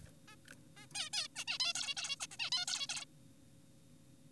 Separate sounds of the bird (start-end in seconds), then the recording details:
0.28-0.36, 0.77-0.86, 0.95-1.10, 1.13-1.28, 1.36-1.44, 1.48-1.58, 1.60-1.74, 1.75-1.95, 1.97-2.16, 2.20-2.27, 2.32-2.37, 2.40-2.50, 2.52-2.66, 2.68-2.87, 2.89-3.04. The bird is an adult. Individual g4p5U